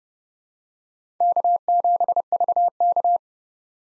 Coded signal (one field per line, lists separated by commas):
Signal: Morse code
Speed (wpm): 29 wpm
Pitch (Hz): 700 Hz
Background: none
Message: K7VK